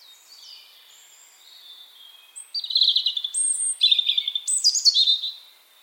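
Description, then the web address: European robin song: a faint, quiet warble, then from midway bright high whistles and rapid sparkling trills that jump sharply between pitches. "Deverinetal 2025 File origin Bird Only Er Ru"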